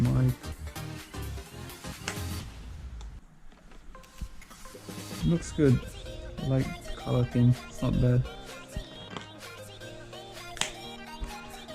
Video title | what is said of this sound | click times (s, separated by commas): Astro A40 TR Mod Kit (Optic Colors) | They just snap into place. | 10.6 s